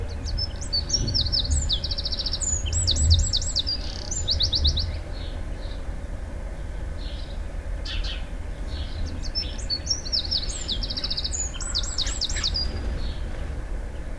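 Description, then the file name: Eurasian wren song, two bursts of high, rapid, metallic trills and rattles, loud and fast, about nine seconds apart, over a steady low rumble. "Troglodytes troglodytes"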